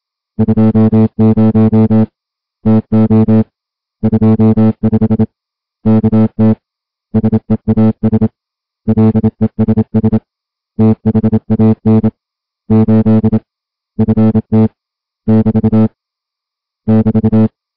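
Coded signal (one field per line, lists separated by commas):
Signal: Morse code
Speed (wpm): 27 wpm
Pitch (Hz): 220 Hz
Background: music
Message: 20 TO 25 KT SEAS LESS THAN 8 FT <BT> <BT>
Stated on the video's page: High seas weather broadcast on 472 kHz from a historical radio society station licensed for 5 kW.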